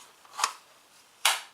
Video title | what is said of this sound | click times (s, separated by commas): Bravo Concealment DOS IWB holster review | really locks in pretty nicely and | 1.3 s